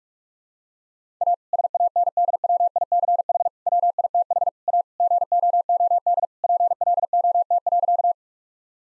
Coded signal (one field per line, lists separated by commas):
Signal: Morse code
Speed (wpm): 45 wpm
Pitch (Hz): 700 Hz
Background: none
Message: A SANDWICH WITH A GOOD PLOT.